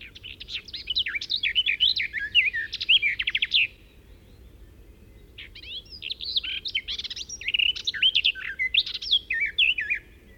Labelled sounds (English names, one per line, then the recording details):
Garden Warbler song
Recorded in the wild
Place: Eberswalde, Brandenburg, DE
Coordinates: 52.837, 13.788
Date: 1972-06-08
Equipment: Nagra III BH, Sennheiser MD 21, parabola
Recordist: Schubert, Michael